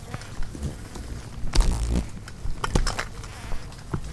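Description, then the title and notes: Insects around a bulb: a few heavier thuds and buzzy rustles among sparse clicks, with a soft low hum behind. Hundreds of insects frantically congregating at night around a lone porch bulb, wildlife ranch in Mmabolela savannah, South Africa, November 2016; mix of six mics including miniature omnis; Zoom F8 recorder. "One Lightbulb. Hundreds of bugs are frantically congregating around the sole light source present at night, a bulb hanging on the porch of a wildlife ranch in South Africa."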